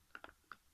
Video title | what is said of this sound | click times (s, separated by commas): Vamdemon/Myotismon (Digimon) by MIMAN Studio [Unboxing] | se clipse très facilement et après ça ne bouge plus alors | 0.2 s, 0.5 s